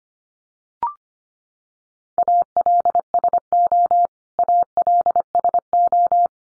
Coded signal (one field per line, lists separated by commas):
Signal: Morse code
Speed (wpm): 25 wpm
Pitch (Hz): 700 Hz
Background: none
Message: ALSO ALSO